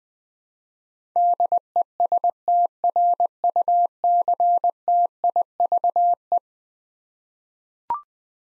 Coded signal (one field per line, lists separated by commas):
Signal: Morse code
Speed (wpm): 20 wpm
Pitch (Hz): 700 Hz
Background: none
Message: DESTRUCTIVE